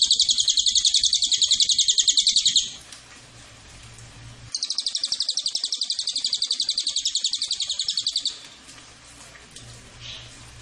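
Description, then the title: Cililin giving a high, buzzy rattling trill of fast repeated notes for about three seconds, a pause, then a second longer trill; faint low hum in the gaps. Lure recording (pancingan) and master recording of the Cililin. "MASTERAN SUARA BURUNG CILILIN BISA JUGA PANCINGAN CILILIN"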